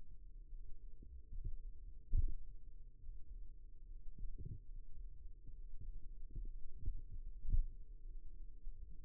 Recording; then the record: forearm muscle sounds (acoustic myography)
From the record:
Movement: finger pinch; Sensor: system 2, bracelet of six BSWA MPA416 microphones around the upper forearm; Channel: 4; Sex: male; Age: 22 years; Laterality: right